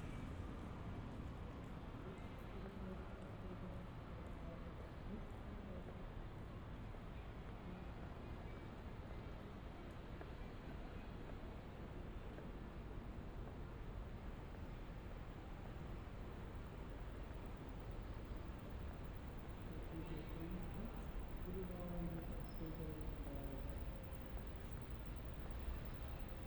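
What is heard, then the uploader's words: A steady wash of city sound fills the walk through Shibuya, Tokyo: a dense, constant rumble of traffic and crowd with no pauses. Snatches of voices surface throughout, a little clearer around five seconds and again near twenty, over the heavy low hum. 3D AUDIO Walking in Shibuya 渋谷 Tokyo, Japan.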